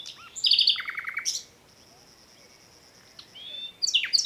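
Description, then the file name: Common nightingale delivering a fast pulsing trill that drops into a lower rattling series, a pause with a faint steady whistle, then a fresh burst of sharp notes. "Luscinia megarhynchos"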